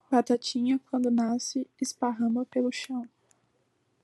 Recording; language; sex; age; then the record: short text; Brazilian Portuguese; female; 20 to 29 years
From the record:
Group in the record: control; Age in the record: 24 years